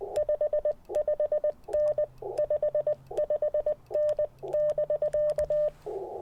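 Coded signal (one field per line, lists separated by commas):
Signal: Morse code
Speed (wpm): 20 wpm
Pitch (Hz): 600 Hz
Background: none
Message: 55N 55N<BK>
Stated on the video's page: QRP CW Parks on the Air activation with some DX, Icom IC-705, PackTenna random wire antenna and Elecraft T1 tuner.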